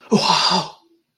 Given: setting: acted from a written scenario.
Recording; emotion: vocal sound without words; distress